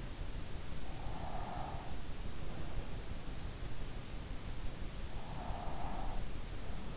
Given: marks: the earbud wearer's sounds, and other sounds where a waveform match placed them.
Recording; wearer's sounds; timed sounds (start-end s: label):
sounds in sleep by an in-ear microphone; breath
1.07-1.96 s: breath